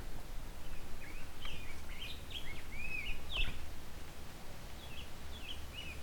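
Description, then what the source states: Rose-breasted Grosbeak singing a soft, warbled phrase of short rising and falling whistled notes, faint against steady low background rumble. Male, fairly close up, being shy; not a wholehearted song, singing quietly to himself.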